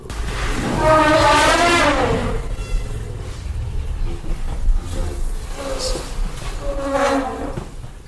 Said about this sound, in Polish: Na zakończenie spaceru po zoo posłuchaj, jak trąbi warszawski słoń.